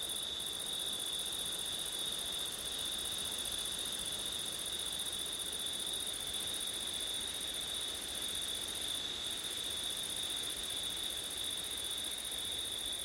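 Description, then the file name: Unbroken shrill cricket trilling on two high pitches, the upper one briefly cutting out twice, over constant windy hiss. Crickets on a windy September night; ORTF stereo. "crickets wind september night ortif"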